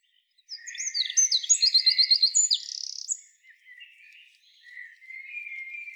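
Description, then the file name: Eurasian wren song: a fast, shrill sequence of trills and buzzy notes for nearly three seconds, then fainter calls. "Troglodytes troglodytes"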